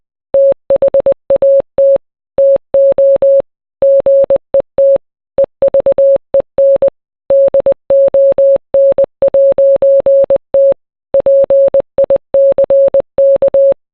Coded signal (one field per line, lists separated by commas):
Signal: Morse code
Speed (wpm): 20 wpm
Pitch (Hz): 550 Hz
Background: none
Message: THAT TO GET EVEN DON'T PICK